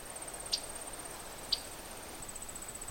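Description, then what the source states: Yellow-rumped warbler chips: two crisp, high, single chips about a second apart over a steady faint high whine. Distinctive chip sounds from a migrating flock in fall in a wetland area, among the last flocks seen inland that season.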